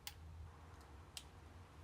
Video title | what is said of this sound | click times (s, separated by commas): We Tore Down Our 414,000km LandCruiser… Big Mistake? Budget 100 Series LandCruiser Build | Should just snap in place. | 0.1 s, 1.2 s